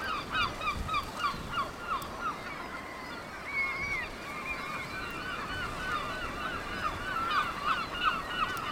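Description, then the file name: Seabirds calling together, a rapid jumble of harsh calls with one higher drawn-out note midway, set against a steady hissing background. Seabirds at Cap Fréhel. "oiseaux marins au cap frehel"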